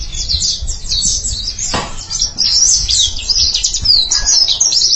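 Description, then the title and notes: White-eye twittering song, rapid high notes running together, with a brief thump and low background noise. Chirping song. "Kicauan Burung Pleci Durasi Panjang. Suara kicauan burung pleci"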